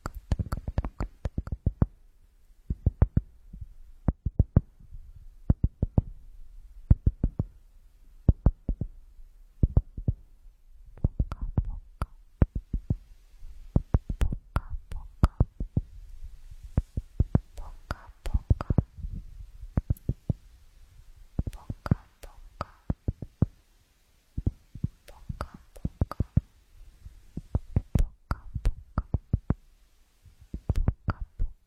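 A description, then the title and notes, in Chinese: Crisp tapping sounds come in quick clusters with short pauses, sharp clicks over a soft low thud, repeating steadily throughout the recording. 酥爽敲击音。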